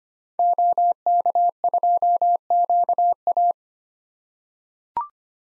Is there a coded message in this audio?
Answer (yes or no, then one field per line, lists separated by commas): yes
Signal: Morse code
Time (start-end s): 0.4-3.5 s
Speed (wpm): 25 wpm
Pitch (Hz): 700 Hz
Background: none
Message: OK2QA